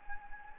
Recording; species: mosquito wingbeat signal from an infrared sensor; Anopheles gambiae